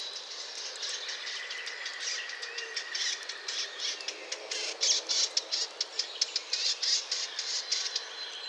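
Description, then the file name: Eurasian blackcap giving hard tack calls, sparse at first, then a quick irregular series of sharp clicks through the second half, with a faint steady background hiss. "Sylvia atricapilla"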